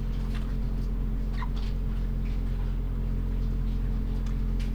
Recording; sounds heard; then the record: poultry house recording; sick chickens (respiratory disease)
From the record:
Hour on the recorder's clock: 4